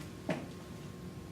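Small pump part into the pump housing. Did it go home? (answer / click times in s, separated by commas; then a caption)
yes / 0.3 s. A small pump part is worked very gently into the pump housing with a pick. It pops into place with a single short click at 0.3 seconds, over a low steady background hum, and the part is seated.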